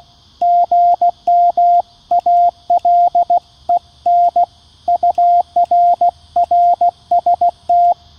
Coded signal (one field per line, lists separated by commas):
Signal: Morse code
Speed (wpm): 16 wpm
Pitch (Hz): 700 Hz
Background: radio noise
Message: GM ALEN UR RST